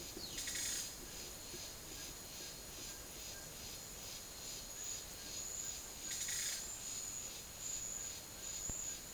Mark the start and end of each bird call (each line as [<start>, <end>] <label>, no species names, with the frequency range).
[0.28, 0.87] bird call (1.1-7.1 kHz)
[6.04, 6.63] bird call (0.8-7.1 kHz)